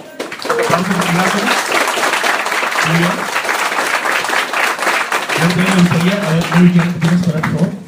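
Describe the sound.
An audience at the Comicmania comics event breaks into loud, sustained applause for a guest, a dense steady wash of clapping that carries on for several seconds, with cheering and shouting voices rising through it at times.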